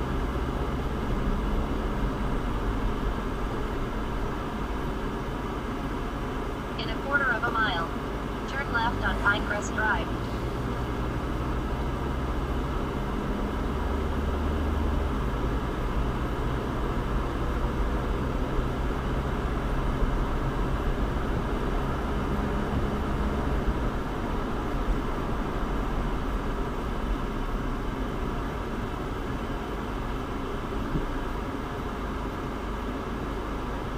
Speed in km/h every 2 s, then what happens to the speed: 34, 35, 24, 18, 19, 27, 34, 39, 44, 47, 50, 53, 50, 32, 3, 0, 0.
2-7 slows to 18. 7-23 speeds up to 53. 23-30 brakes to 0. 30-34 standing.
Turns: none.